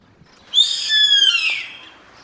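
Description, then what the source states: Bird giving a single harsh, hissing screech lasting about a second, broad and raspy, fading at the end; quiet background otherwise. Recorded in Brazil.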